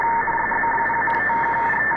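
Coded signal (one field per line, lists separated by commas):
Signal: RTTY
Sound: rapid two-tone warbling chatter, steady teletype rhythm, over hiss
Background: radio static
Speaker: so you see here 16 one to one there's a radio teletype signal that is on that frequency possibly encrypted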